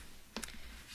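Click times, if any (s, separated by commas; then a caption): 0.4 s. A cutting die is lined up on the inside of a hybrid embossing folder so that it surrounds the embossed fruit shapes: a circle, a lemon and a wedge. Two short, sharp ticks at 0.4 s and 0.4 s mark the die clicking into place against a quiet background. The die is seated in the folder.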